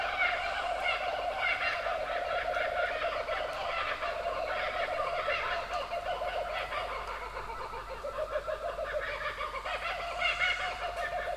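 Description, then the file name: Kookaburra laughter, a dense run of harsh cackling notes continuing throughout. "kukabara"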